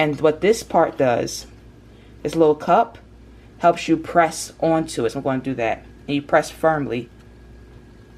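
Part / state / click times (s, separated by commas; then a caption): disposable coffee pod lid onto pod cup / not seated / none. A disposable coffee pod lid is handled and lined up to be pressed firmly onto its pod cup with a small pressing cup, while someone talks throughout. No click is heard, and the lid has not seated on the cup yet.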